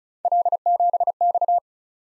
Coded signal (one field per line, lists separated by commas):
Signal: Morse code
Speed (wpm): 40 wpm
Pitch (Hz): 700 Hz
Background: none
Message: L7X